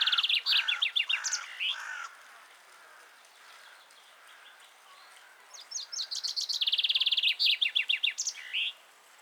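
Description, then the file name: Common chaffinch song: the end of one phrase with some lower notes mixed in, a pause, then a fresh cascading trill ending in a flourish. "Fringilla coelebs"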